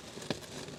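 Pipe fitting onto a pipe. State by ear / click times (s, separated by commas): seated / 0.3 s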